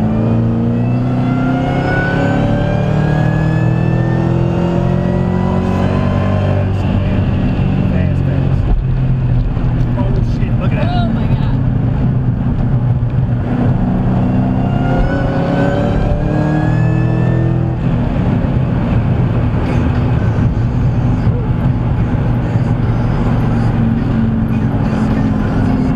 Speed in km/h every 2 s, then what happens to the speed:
124, 156, 182, 193, 171, 143, 122, 132, 159, 164, 156, 147, 132.
0-5 speeds up to 193. 5-12 brakes to 122. 13-17 speeds up to 164. 17-26 slows to 132.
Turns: none.